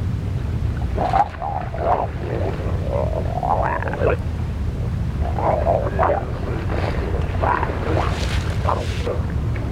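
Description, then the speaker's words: Harbor seal vocalizations: low moaning growls and warbling grunts in irregular bouts over a steady low rumble. Harbor seals of Sandy Hook Bay, part of New York Harbor. "For the first time, here are the harbor seals of Sandy Hook Bay talking."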